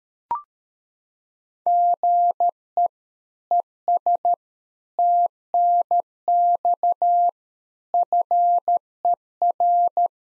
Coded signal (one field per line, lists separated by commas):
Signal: Morse code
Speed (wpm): 13 wpm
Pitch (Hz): 700 Hz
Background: none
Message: GE ES TNX FER